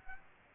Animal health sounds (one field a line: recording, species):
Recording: mosquito wingbeat signal from an infrared sensor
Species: Aedes aegypti